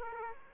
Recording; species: mosquito wingbeat signal from an infrared sensor; Aedes aegypti